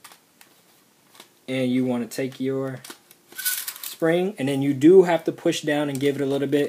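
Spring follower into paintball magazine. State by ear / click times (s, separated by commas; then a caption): not seated / none. Someone talks while holding a plastic Zetamag paintball magazine by Stark Pursuit and pushing down on its compressed spring and follower, with faint handling ticks near the start and a short burst of rustling, scraping noise around 3.1 to 3.8 s. Nothing has seated or clicked yet.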